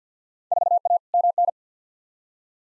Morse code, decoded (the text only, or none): 4A MN